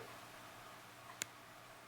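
The blade of an orange Schrade SCH221OR folding knife is closed into its handle, and the weak detent gives only a faint, short tick at 1.2 s against a quiet background. The detent barely engages, a manufacturing inconsistency compared with a stronger, snappier one.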